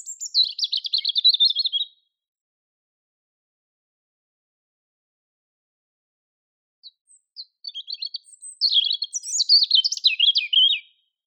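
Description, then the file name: European robin song: a short high, fluttering trill, then several seconds of silence, then a longer phrase of scratchy twitters and thin whistled notes. "Erithacus rubecula"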